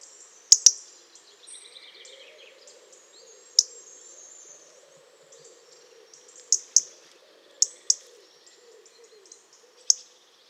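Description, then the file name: European robin calls with sharp high ticks, singly and in pairs at irregular intervals, over a faint low hum. "Erithacus rubecula"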